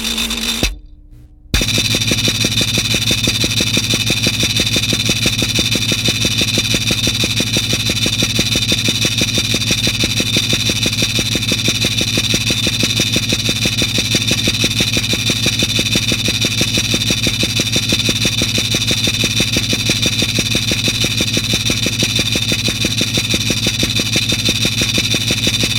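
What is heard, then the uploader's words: Film tins filled with nails, tacks, ball bearings and other small objects rattle in a fast, even, machine-like churn. After a brief dropout just past the first second, the dense metallic clatter runs steady and unchanging to the end, full. Film tins filled with objects including nails, tacks, ball bearings and other miscellaneous objects. The film tins were then equipped with piezo microphones plugged into amps then placed atop upward facing speakers. The output was then captured by the microphones and piezos mixed by the second mixer and recorded by the reel-to-reel.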